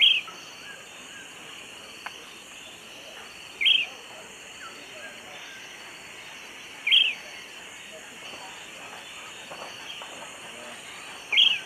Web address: Natures Songs S America Eastern Lowlands. Myiarchus ferox, dawn song